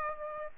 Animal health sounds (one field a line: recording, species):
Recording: mosquito wingbeat signal from an infrared sensor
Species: Aedes aegypti